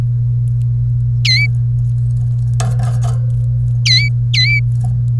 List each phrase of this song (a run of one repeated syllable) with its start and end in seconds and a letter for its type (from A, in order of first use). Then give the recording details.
0.00-0.01 A, 1.25-1.46 B, 3.86-4.08 B, 4.34-4.59 B. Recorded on 30 April 2018 at 14:43. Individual llb3